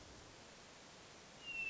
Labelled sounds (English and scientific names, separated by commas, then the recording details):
Hermit Thrush (Catharus guttatus)
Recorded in Sonoma County, California